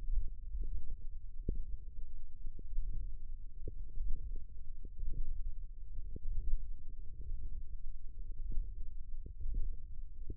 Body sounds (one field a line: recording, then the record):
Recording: forearm muscle sounds (acoustic myography)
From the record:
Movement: ulnar deviation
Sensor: system 1, eight BSWA MPA416 microphones around the upper forearm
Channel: 6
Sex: female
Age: 22 years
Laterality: right